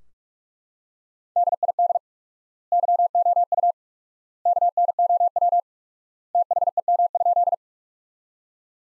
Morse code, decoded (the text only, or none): DID YOU KNOW THEM?